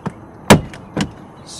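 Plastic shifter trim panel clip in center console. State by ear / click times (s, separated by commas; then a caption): released / 0.5 s. On a 2012 Kia Sorento, the plastic shifter trim panel in the center console is pried straight up on the opposite side. Its plastic clip pops loose with a sharp click at 0.5 s. Lighter taps come at about 0.1 s, 0.7 s and 1.0 s, and a soft hiss follows near the end, leaving the trim clip released.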